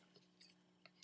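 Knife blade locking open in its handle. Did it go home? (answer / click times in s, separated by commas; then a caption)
yes / 0.9 s. The blade of a Spyderco Sage 3 folding pocket knife is flicked open against its light spring and locks open in its handle with a sharp click at 0.9 s. Softer ticks follow just after, and the blade is locked open.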